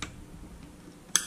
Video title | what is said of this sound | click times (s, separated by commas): Setting Up A UniFi PoE Injector! | and you should hear a click just like that and as you can see it should start | 1.2 s